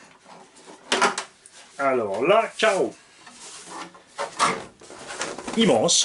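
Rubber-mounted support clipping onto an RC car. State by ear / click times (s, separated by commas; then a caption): seated / 0.9 s. A rubber-mounted support is clipped onto an Arrma Infraction RC car during unboxing, held in place rather than pulled by the rubber. A sharp click at 0.9 s marks it seating, followed by a few lighter knocks and handling sounds while someone talks. The part is clipped into place.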